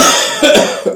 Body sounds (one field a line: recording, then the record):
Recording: coughing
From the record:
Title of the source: Residual Phlegmy Morning Coughing and Gagging